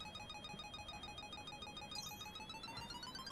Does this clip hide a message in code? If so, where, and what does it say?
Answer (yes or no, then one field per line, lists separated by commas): no